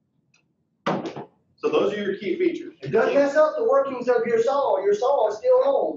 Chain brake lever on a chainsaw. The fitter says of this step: You'll get uncomfortable walking if you ain't heard that click.